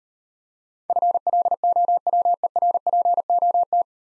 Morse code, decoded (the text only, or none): FLOWERPOT